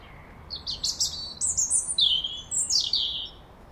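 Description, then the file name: European robin singing a rapid, varied phrase of high sliding whistles and twitters lasting about three seconds. "Erithacus rubecula"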